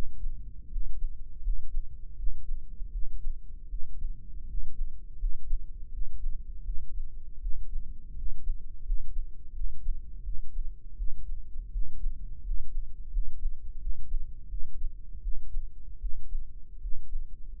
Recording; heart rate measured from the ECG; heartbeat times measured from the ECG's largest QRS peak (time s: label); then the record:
heart sounds by microphone in the right ear; 82 bpm
0.68 s: heartbeat
1.40 s: heartbeat
2.14 s: heartbeat
2.90 s: heartbeat
3.67 s: heartbeat
4.44 s: heartbeat
5.16 s: heartbeat
5.89 s: heartbeat
6.63 s: heartbeat
7.39 s: heartbeat
8.13 s: heartbeat
8.82 s: heartbeat
9.51 s: heartbeat
10.22 s: heartbeat
10.95 s: heartbeat
11.70 s: heartbeat
12.41 s: heartbeat
13.09 s: heartbeat
13.77 s: heartbeat
14.47 s: heartbeat
15.20 s: heartbeat
15.98 s: heartbeat
16.79 s: heartbeat
17.57 s: heartbeat
From the record:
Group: healthy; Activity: rest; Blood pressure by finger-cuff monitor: 120/88 mmHg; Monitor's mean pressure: 98 mmHg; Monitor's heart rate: 82 bpm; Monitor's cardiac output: 5.9 L/min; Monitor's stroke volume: 72 mL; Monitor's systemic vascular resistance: 1230 dyn s/cm5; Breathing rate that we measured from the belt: 15 breaths a minute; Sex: male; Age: 21 years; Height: 180 cm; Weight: 67.5 kg